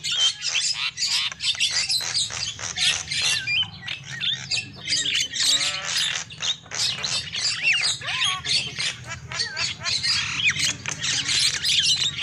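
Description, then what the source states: Continuous shrill lovebird squawks and chirps in rapid bursts, with occasional upward-sliding notes and a steady low hum beneath. Lure call used for trapping birds.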